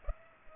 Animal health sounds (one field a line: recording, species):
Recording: mosquito wingbeat signal from an infrared sensor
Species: Culex pipiens